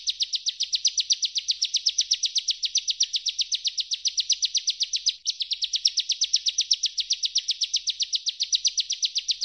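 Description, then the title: Bar-winged prinia: rapid, metallic chip notes repeated in a long steady stream, with one tiny hitch midway. Ngebren style of continuous singing, used for training songbirds. "Master Burung Jos. Ciblek_ngebren"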